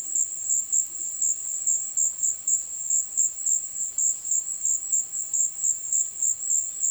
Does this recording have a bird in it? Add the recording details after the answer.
no. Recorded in dense forest near Puerto Asís, Putumayo, Colombia, on 21 February 2024 at 17:00. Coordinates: 0.502, -76.326. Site G6460